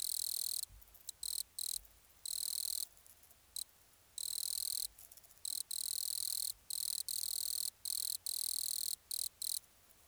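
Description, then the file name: Wood cricket song in high buzzing bursts of uneven length, broken by short silent gaps, with faint low rumble underneath. "grillon des bois nemobius sylvestris. naturophonia"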